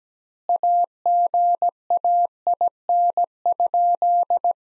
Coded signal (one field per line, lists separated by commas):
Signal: Morse code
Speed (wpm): 17 wpm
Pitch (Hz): 700 Hz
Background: none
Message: AGAIN?